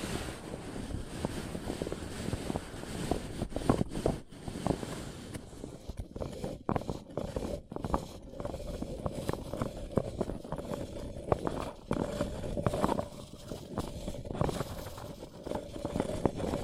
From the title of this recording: Paper Cup Tingles